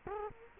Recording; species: mosquito wingbeat signal from an infrared sensor; Culex quinquefasciatus